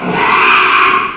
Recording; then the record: squeal of a Yucatan mini pig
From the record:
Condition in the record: after surgery on the right vocal fold (resection and tissue-engineered implant); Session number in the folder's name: 1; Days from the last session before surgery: 6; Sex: male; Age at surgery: 12 weeks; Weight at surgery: 13 kg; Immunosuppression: cyclosporine, prednisolone